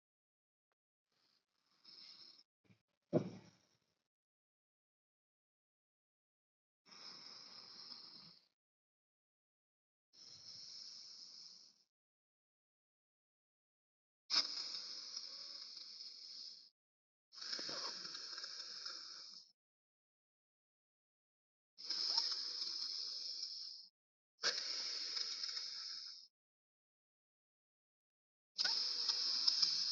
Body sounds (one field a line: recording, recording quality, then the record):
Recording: deep breathing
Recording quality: moderate, slight background noise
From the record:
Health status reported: healthy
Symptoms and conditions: fatigue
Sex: male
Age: 39 years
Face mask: not worn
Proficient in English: yes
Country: India